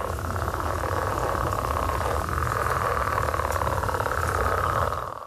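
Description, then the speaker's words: Northern leopard frog giving a continuous rattling, snore-like call, a rough grating sound that holds steady for several seconds before fading. Snoring-type breeding call, heard in spring when the frogs are getting ready to mate; played from an online video. "Yeah, it's kind of a cool snoring type of sound."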